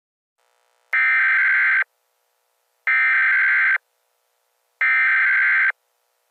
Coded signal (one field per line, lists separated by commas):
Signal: Emergency Alert System (SAME) tones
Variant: header bursts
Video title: EAS Scenario #2 - When Gangsters Attack